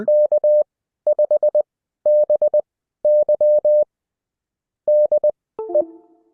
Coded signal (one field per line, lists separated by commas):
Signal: Morse code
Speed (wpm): 20 wpm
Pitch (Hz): 600 Hz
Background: none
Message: K5BY DE